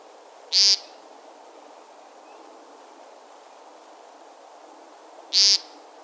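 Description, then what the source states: American Woodcock giving short buzzy nasal calls, two of them about five seconds apart, over a steady background hiss. Opening call by Jim Berry, from xeno-canto.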